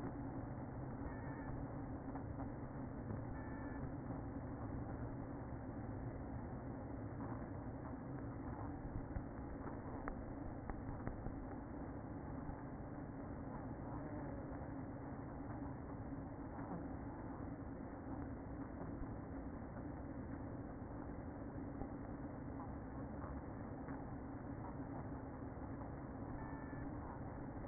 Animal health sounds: honeybee colony, microphone inside the hive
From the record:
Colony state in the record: queen present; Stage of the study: after two queens were removed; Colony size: about 60,000 bees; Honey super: yes

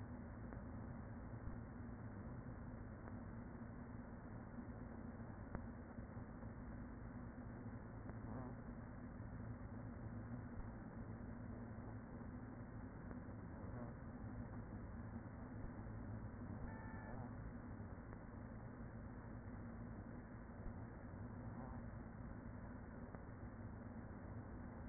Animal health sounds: honeybee colony, microphone inside the hive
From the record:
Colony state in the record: queen present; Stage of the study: after two queens were removed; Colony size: about 40,000 bees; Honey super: no

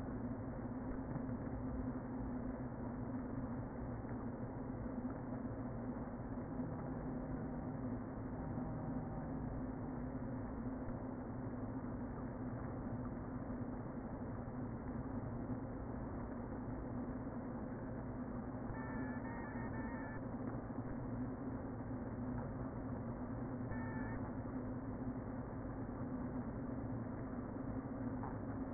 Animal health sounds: honeybee colony, microphone inside the hive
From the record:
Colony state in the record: queen present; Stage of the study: before two queens were removed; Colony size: about 60,000 bees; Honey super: yes

